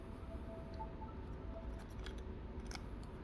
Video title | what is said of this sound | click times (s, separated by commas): How To Fix A Faulty Nintendo DS Or 3DS Game Cartridge | there it is i even heard it click | 2.8 s